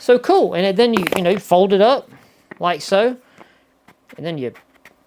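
Someone talks while folding up a small collapsible light whose two body halves twist together to lock into a compact puck shape. Faint handling taps come through between the phrases near the end, but the halves have not yet twisted shut or locked in place.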